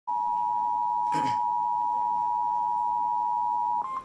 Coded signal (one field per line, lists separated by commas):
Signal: Emergency Alert System (SAME) tones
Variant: 853 and 960 Hz attention tone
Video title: EAS 1196 FFW NWS Louisville